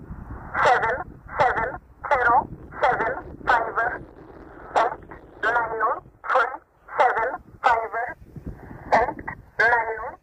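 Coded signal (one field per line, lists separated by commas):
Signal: numbers station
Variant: E11 Oblique, English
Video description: 13363 kHz USB - E11 'Oblique' Numbers Station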